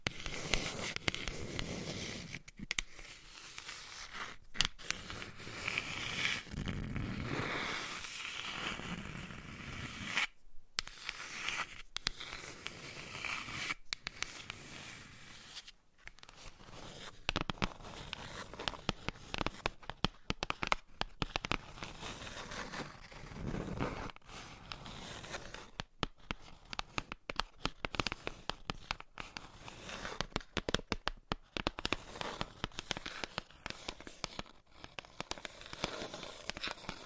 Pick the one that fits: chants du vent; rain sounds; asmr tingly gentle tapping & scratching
asmr tingly gentle tapping & scratching